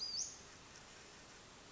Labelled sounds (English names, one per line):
Western Flycatcher